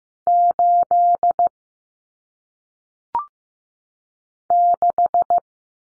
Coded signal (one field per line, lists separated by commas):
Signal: Morse code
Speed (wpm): 15 wpm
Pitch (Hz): 700 Hz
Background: none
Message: 8 6